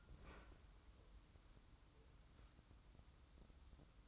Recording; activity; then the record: daily activity, microphone in the room; open fridge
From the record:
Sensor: 3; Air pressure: 994.4 hPa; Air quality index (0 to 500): 208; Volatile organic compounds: 1000 ppm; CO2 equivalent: 6952 ppm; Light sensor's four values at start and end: 201/485/205/205 and 166/399/166/163